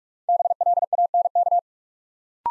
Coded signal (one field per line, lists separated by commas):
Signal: Morse code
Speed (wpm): 44 wpm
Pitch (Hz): 700 Hz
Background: none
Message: BLANK